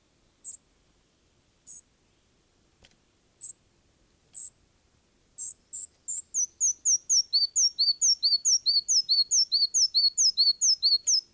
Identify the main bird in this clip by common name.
Red-breasted Flycatcher